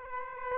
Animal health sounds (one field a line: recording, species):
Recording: mosquito wingbeat signal from an infrared sensor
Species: Aedes aegypti